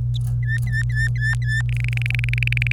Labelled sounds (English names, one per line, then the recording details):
Domestic Canary song
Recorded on 26 April 2018 at 11:48
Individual llb3